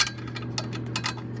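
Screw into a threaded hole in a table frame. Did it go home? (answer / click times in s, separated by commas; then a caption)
no / 0.6 s, 1.0 s. A screw is turned into the threaded hole of a table desk frame during assembly, catching briefly and then slipping because the hole is stripped. Sharp ticking clicks at 0.6 s and 1.0 s stand out over a steady low hum, with fainter ticks around them. The screw does not hold and keeps spinning in the worn thread.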